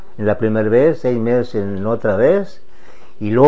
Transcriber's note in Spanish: none